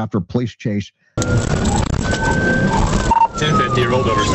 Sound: sirens wailing

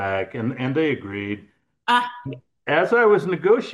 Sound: laughs

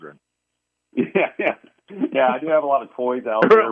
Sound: laughs

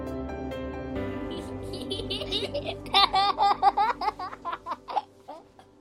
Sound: laughs

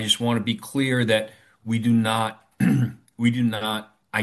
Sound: clears throat

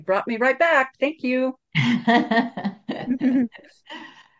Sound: laughs

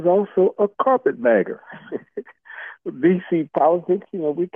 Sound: laughs

